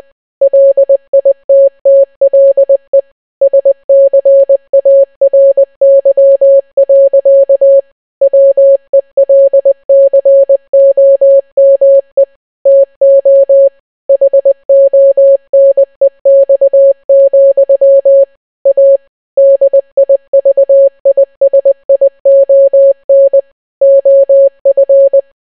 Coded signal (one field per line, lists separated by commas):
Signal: Morse code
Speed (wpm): 20 wpm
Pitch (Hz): 550 Hz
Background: none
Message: LITTLE SCARY. WELCOME TO HONEX, A DIVISION OF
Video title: The Entire Bee Movie Script Except its in Morse Code